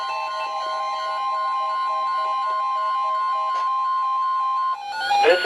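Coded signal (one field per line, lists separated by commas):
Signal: Emergency Alert System (SAME) tones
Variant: 1050 Hz attention tone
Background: speech, music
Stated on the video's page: NOAA Weather Radio alerts from Sterling transmitter on 162.550 and Wakefield transmitter on 162.475 received via propagation: weekly test, marine, tornado and thunderstorm warnings.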